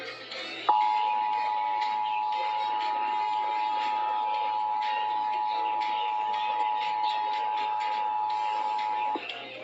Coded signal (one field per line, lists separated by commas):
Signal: Emergency Alert System (SAME) tones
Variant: 853 and 960 Hz attention tone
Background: speech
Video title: Finally Ending Out ANOTHER May... | EAS #340-345 (Test Alerts from May 2023)